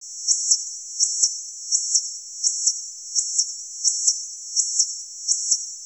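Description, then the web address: Insect chirping: very high, buzzy chirps in close pairs, each pair repeated at a steady beat about every 0.7 seconds over a constant high buzz. "Soundscan vol 14-Special FX Twisted. INSECT"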